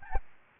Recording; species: mosquito wingbeat signal from an infrared sensor; Aedes albopictus